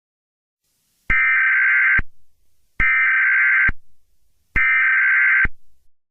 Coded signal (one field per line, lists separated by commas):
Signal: Emergency Alert System (SAME) tones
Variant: header bursts